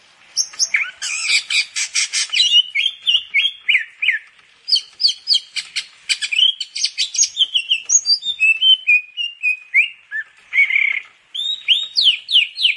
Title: Kicau Burung Cucak Jenggot